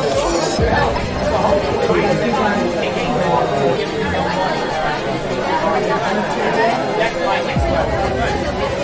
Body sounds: background sound without coughing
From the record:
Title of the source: Nightlife Party Simulating Party Club Noise 1 Hour

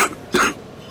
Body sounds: coughing mixed with background sound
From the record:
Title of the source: 64 coughing, allergies, singing lungs

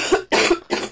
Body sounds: coughing mixed with background sound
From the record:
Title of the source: 61 morning phlegmy cough...again

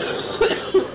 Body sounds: coughing mixed with background sound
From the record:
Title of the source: 30 Chesty and wet cough

